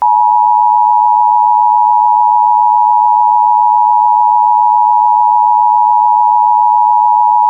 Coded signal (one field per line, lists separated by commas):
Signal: Emergency Alert System (SAME) tones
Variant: 853 and 960 Hz attention tone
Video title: EAS Scenario: Angry Skies in the Ozarks